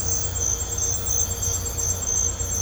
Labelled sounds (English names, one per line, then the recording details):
none
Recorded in pastures near Puerto Asís, Putumayo, Colombia, on 16 December 2024 at 05:30
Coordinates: 0.502, -76.324
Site G077